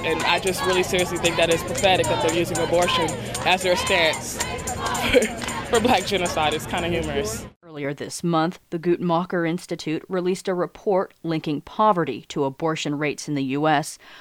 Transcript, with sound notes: And I just really seriously think that it's pathetic that they're using abortion as their stance for black genocide, (chuckle) it's kinda humorous." Earlier this month, the Guttmacher Institute released a report linking poverty to abortion rates in the US.